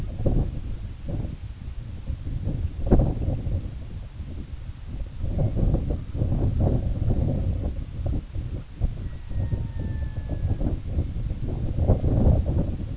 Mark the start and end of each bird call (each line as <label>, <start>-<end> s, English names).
Red-throated Loon, 8.98-10.68 s